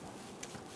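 A new upstream oxygen sensor's plastic electrical connector is pushed onto the harness plug of a 1997–2006 Jeep Wrangler over a steady low background hiss. A single short, sharp click at 0.4 s marks the connector locking into place, and it is seated.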